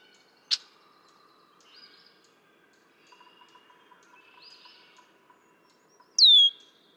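Red-winged blackbird with faint soft notes and a sharp click early on, ending in one loud, high whistle that drops sharply in pitch.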